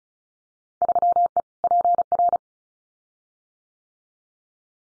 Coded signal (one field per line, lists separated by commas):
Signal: Morse code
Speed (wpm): 34 wpm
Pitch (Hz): 700 Hz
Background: none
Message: 3E PR